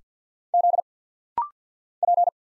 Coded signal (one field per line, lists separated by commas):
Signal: Morse code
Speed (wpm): 51 wpm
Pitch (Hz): 700 Hz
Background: none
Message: Z P